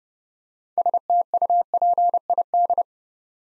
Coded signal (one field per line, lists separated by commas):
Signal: Morse code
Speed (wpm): 30 wpm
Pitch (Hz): 700 Hz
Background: none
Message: STUPID